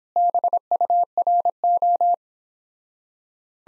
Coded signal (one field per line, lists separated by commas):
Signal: Morse code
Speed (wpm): 26 wpm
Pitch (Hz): 700 Hz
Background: none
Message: BURO